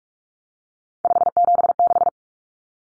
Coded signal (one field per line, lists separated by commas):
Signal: Morse code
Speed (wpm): 44 wpm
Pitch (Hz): 700 Hz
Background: none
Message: 576